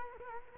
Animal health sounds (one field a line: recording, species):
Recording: mosquito wingbeat signal from an infrared sensor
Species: Culex quinquefasciatus